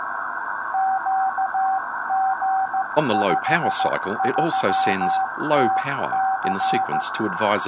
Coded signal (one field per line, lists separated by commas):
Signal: Morse code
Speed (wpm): 14 wpm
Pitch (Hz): 770 Hz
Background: speech, radio noise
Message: QG53TC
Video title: VK4RTT 2m Beacon Upgrade